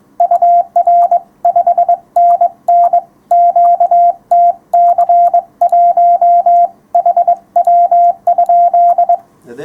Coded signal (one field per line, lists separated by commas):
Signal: Morse code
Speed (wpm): 22 wpm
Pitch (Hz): 700 Hz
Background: radio noise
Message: UR5NN QTC1 HW?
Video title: 974. Morse Code part 2 of 3. 15m53s